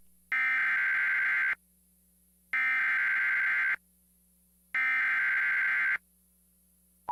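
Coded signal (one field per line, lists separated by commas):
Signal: Emergency Alert System (SAME) tones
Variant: header bursts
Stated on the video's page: Alert captured from a weather scan broadcast.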